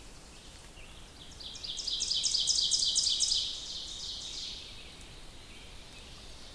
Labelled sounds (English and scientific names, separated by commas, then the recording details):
Ovenbird (Seiurus aurocapilla) song
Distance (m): 30 m
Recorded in boreal forest in Alberta, Canada, on 2 June 2016 at 08:09
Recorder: SongMeter 3, array SBT-3-7
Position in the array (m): 24 m, 134 m
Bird 4